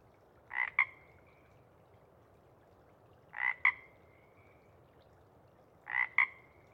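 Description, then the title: Pacific chorus frog repeating a crisp two-part ribbit three times, each about three seconds apart, with a faint drawn-out note trailing each call. Sparse chorus before dawn at first light; most frogs have returned to burrows while a few keep calling to attract a mate. "Chorus Frogs, Sparse, pre-Dawn"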